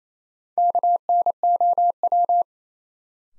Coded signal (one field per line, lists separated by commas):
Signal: Morse code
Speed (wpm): 28 wpm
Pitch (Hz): 700 Hz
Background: none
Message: KNOW